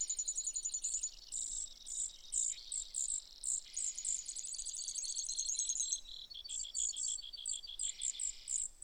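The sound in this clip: Brewer's sparrow song: high trills and buzzes changing pitch, overlaid by quick high chirping notes, with background hiss.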